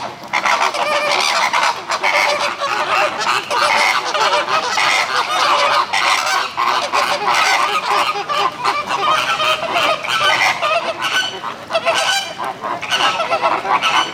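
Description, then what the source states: Flamingo flock honking without a break, harsh nasal calls from many birds layered into a steady, loud chatter. Flamingos at a zoo.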